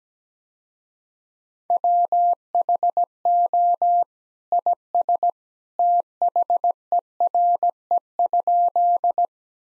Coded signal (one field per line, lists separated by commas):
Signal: Morse code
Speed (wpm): 17 wpm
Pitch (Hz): 700 Hz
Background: none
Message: WHO IS THERE?